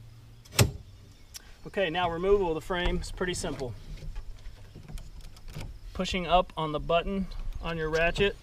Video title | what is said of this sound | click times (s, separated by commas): Wingman Cooler Outrigger Tutorial | drop right over the buttons and pop into place just like that | 0.6 s